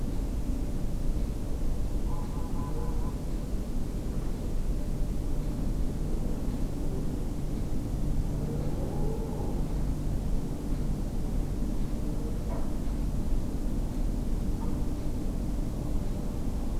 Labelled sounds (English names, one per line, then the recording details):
Greylag Goose
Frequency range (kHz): Greylag Goose 0.7-1.4 kHz
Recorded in France